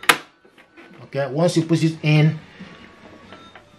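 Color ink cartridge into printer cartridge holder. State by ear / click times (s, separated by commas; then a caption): seated / 0.1 s. A color ink cartridge, already inserted in the cartridge holder of a Canon TS3451 printer, is pushed up until it locks, giving a sharp, loud click at 0.1 s as it snaps home. Someone then talks, and a faint tap is heard near the end.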